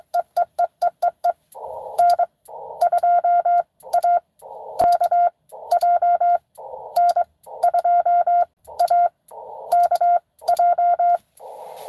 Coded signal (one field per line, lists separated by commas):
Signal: Morse code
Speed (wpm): 22 wpm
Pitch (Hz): 700 Hz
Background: none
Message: EEEEEE N2AKJ N2AKJ